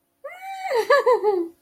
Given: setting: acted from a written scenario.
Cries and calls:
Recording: vocal sound without words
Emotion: elation

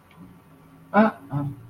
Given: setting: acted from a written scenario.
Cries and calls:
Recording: vocal sound without words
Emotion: contempt

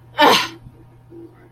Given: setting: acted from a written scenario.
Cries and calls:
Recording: vocal sound without words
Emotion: contempt

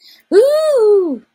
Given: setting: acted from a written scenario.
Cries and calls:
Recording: vocal sound without words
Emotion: triumph

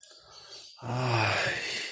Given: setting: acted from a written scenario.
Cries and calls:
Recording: vocal sound without words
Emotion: contentment

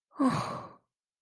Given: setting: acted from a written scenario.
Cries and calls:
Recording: vocal sound without words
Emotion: negative surprise

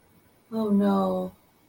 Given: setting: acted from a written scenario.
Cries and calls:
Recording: vocal sound without words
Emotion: embarrassment

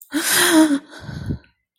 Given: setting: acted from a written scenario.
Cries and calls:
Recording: vocal sound without words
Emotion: fear

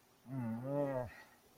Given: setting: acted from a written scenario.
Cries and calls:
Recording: vocal sound without words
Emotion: shame

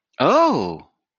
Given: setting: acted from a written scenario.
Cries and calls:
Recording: vocal sound without words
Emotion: interest

